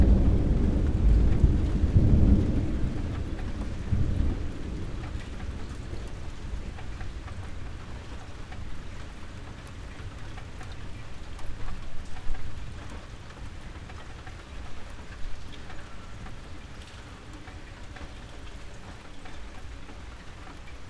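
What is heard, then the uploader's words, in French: Rain falls steadily on a city street while traffic moves past. A heavy vehicle rumbles in the first four seconds, then fades, leaving an even patter of rain over low traffic noise, with another faint passing swell around twelve seconds. Circulation et pluie à Taipei. Prise de son réalisée à Taipei en juin 2010.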